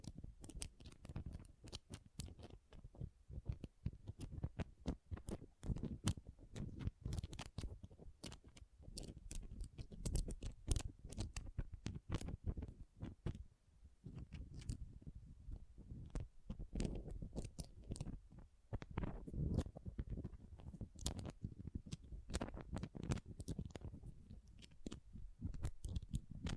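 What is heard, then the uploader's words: Pom poms are rubbed and squished in a dense, fast stream of soft crackling rustles, steady throughout, with brief quieter lulls around 14 and 19 seconds. ASMR Ultimate Pom Pom Tingles (No Talking).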